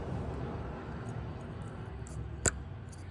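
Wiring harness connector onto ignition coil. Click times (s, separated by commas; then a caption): 2.5 s. On a 2013-2019 Ford Escape 1.5L, during a spark plug replacement, the second wiring harness connector is pushed onto an ignition coil over steady low background noise. It clicks home with a sharp click at 2.5 s, and the lock tab is then pushed down, leaving the connector seated.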